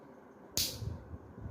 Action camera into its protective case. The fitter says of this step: Click करून आवाज येतो तेव्हा तो कॅमेरा फिक्स होतो.